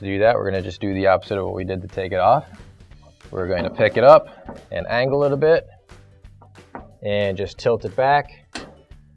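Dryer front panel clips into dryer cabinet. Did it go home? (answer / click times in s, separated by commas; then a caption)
yes / 8.6 s. Someone talks over background music while a Maytag dryer's front panel, reinstalled after replacing the drum belt, is picked up, angled in and tilted back against the cabinet. At 8.6 s a sharp snap is heard as the panel's two top spring clips seat into the dryer cabinet, locking the panel in place.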